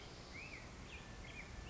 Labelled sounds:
Black-headed Grosbeak
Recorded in Sonoma County, California

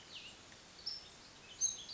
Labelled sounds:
Cassin's Vireo
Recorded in Sonoma County, California

